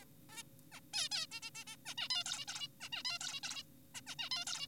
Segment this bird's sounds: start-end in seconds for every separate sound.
0.02-0.05, 0.30-0.43, 0.72-0.80, 0.94-1.09, 1.12-1.26, 1.32-1.40, 1.42-1.50, 1.55-1.64, 1.68-1.76, 1.86-1.94, 1.98-2.08, 2.10-2.24, 2.26-2.45, 2.48-2.68, 2.81-2.89, 2.92-3.03, 3.05-3.18, 3.21-3.40, 3.43-3.63, 3.95-4.01, 4.07-4.15, 4.19-4.30, 4.31-4.45, 4.47-4.67